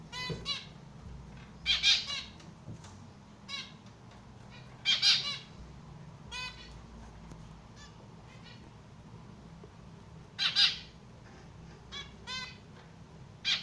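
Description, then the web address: Society finch uttering scattered nasal, rasping notes, sometimes doubled, with long quiet gaps between bursts and a faint low hum throughout. Domestic society finches shown biting and singing. "amadiny kusayut i poyut. lonchura striata domestica"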